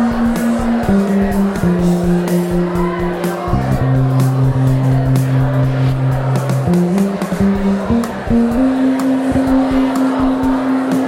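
An improvised bass line moves in long held notes that step between pitches, dropping lowest from about four to six and a half seconds, then climbing back up near the end. Crowd chatter and steady, light electronic drum hits run underneath throughout.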